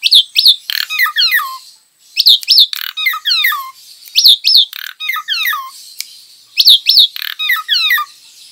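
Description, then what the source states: Javan pied starling song: a phrase of sharp high notes followed by descending slurred whistles, repeated four times with short pauses between. Lure call recording (pancingan).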